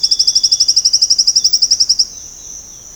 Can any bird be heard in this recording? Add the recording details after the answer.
no. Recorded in secondary vegetation near Puerto Asís, Putumayo, Colombia, on 13 March 2025 at 06:30. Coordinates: 0.485, -76.322. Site G040